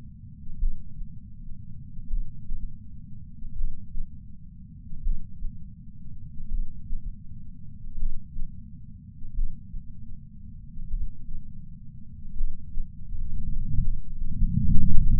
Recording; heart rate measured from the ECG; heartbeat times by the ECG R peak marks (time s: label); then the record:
heart sounds by patch sensor on the chest; 41 bpm
0.57 s: heartbeat
2.07 s: heartbeat
3.53 s: heartbeat
5.00 s: heartbeat
6.48 s: heartbeat
7.95 s: heartbeat
9.32 s: heartbeat
10.88 s: heartbeat
12.33 s: heartbeat
13.79 s: heartbeat
From the record:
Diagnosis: coronary artery disease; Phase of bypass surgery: preoperative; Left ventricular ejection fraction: 64.4%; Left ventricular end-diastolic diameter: 51 mm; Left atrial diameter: 41 mm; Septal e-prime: 7.3 cm/s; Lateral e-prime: 10.3 cm/s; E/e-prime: 10.1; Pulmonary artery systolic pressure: 25 mmHg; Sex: male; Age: 59 years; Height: 168 cm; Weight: 81 kg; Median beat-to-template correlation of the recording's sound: 0.86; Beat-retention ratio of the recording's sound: 0.96